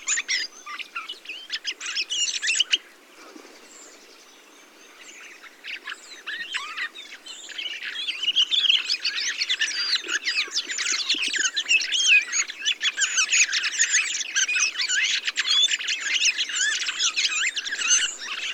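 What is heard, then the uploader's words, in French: A large gathering of thrushes and blackbirds chatters and calls together, a dense overlapping mass of bright chirps and chuckles. The chorus is thick for the first two and a half seconds, thins to scattered calls briefly, then swells back and stays busy to the end. Montagne du Puy - Drôme - Nagra seven - Parabole Telinga pro7. Aujourd'hui c'est un gros rassemblement de grives et merles qui attire mon oreille. Heureux du ciel bleu et de l'abondance des baies, chacun y va de son refrain. Grives draine, musicienne, mauvis et litorne plus quelques merles se côtoient.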